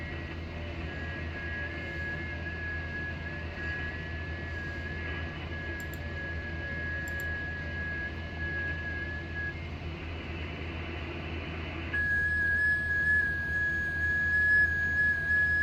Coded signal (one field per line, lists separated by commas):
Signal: FT8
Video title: Poor mans ft8 ham radio method